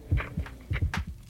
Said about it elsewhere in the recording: We hear the first signs of human life. A heartbeat.